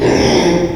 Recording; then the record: squeal of a Yucatan mini pig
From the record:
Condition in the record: before surgery on the right vocal fold (resection and tissue-engineered implant); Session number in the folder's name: 1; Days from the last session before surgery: -3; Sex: male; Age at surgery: 12 weeks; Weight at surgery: 13 kg